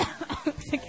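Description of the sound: A rapid run of about five short, sharp coughs from an adult woman, packed into less than a second, each a brief harsh burst with a slight voiced edge. It is a sudden coughing fit that interrupts her speech, heard in a small room.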